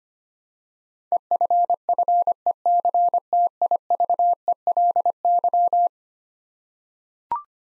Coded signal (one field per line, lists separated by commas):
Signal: Morse code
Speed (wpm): 25 wpm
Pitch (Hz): 700 Hz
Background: none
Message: EFFECTIVELY